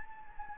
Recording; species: mosquito wingbeat signal from an infrared sensor; Anopheles gambiae